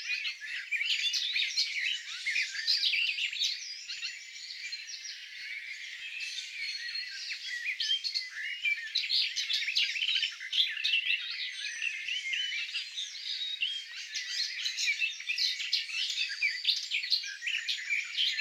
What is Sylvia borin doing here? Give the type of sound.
song